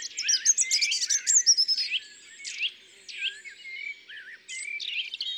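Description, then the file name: European robin singing quick, high twittering phrases mixed with drawn-out, downslurred whistles, shifting from busy chatter to slower, clear notes. "Rougegorge familier ABC des chants doiseaux"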